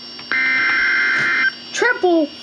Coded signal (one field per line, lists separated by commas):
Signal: Emergency Alert System (SAME) tones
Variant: header bursts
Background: speech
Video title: {TRIPLE HEADER!!!} Severe Thunderstorm Warnings (EAS #31-33)